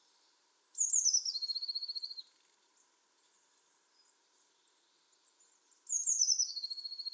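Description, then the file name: Eurasian blue tit song given twice: high sharp notes descending into a quick, evenly pulsed trill about one second long, with a quiet pause between phrases. "Cyanistes caeruleus"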